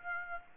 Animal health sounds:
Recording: mosquito wingbeat signal from an infrared sensor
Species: Aedes aegypti

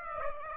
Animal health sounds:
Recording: mosquito wingbeat signal from an infrared sensor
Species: Aedes aegypti

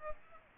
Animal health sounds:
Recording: mosquito wingbeat signal from an infrared sensor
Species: Aedes aegypti

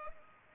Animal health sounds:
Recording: mosquito wingbeat signal from an infrared sensor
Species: Culex pipiens

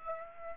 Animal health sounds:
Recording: mosquito wingbeat signal from an infrared sensor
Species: Aedes aegypti

